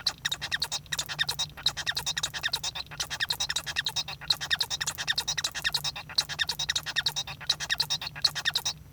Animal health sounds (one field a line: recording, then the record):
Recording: song of a male Bengalese finch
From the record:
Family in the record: son of father 1